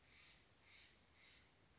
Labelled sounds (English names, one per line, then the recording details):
Steller's Jay
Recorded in Sonoma County, California